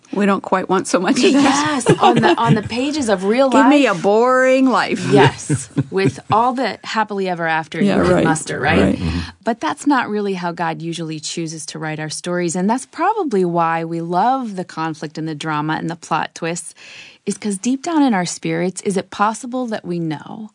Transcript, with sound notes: We don’t want quite so much of that.
Yes! On the pages of real life...
Give me a boring life! (laughter)
With all the “happily-ever-after” you can muster. Right?
Right.
But that’s not really how God usually chooses to write our stories, and that’s probably why we love the conflict and the drama and the plot twists, because deep down in our spirits, is it possible that we know